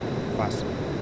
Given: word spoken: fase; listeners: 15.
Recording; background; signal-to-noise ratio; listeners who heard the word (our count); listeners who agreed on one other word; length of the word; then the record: one Spanish word in noise, from a listening test; speech-shaped noise; -5.4 dB; 3 of 15; 11 of 15; 0.62 s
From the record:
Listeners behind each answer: 11, 3, 1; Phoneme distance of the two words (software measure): 20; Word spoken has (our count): 2 syllables, 4 phonemes, stress on syllable 1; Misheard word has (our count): 2 syllables, 4 phonemes, stress on syllable 1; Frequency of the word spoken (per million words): 69.43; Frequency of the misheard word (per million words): 228.90